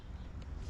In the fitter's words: Okay, make sure you snap it in like that. You hear the click, and then again,